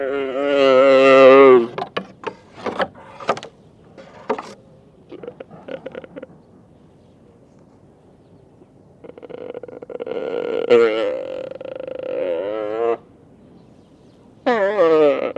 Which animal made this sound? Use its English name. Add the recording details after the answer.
Mule Deer. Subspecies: hemionus. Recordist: Tembrock, Günter